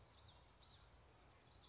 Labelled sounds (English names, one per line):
Common Yellowthroat